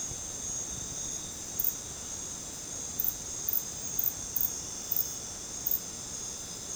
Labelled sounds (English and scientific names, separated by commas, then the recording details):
none
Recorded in dense forest near Puerto Asís, Putumayo, Colombia, on 13 March 2025 at 19:00
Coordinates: 0.486, -76.317
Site G053